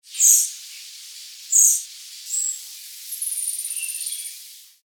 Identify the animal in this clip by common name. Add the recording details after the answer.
Pygmy Marmoset. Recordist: Tembrock, Günter. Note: Hohe Laute